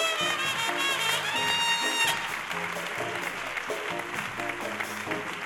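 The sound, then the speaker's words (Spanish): An audience at a concert applauds in a steady, sustained wash of clapping that lasts the whole stretch, mixed with music playing underneath. “un aplauso para él.”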